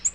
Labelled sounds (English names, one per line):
Nashville Warbler flight call